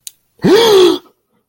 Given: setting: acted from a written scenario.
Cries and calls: vocal sound without words; negative surprise

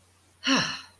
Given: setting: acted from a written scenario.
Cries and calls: vocal sound without words; pride

